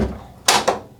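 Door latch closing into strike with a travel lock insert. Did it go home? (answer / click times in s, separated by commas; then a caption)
yes / 0.5 s. An inward-swinging door is pushed closed while the metal insert of a portable travel door lock is held in the strike where the door latch goes. The latch clicks home over the insert with a sharp, bright snap at 0.5 s, followed by a quieter second click at 0.7 s. The door is shut and latched over the insert.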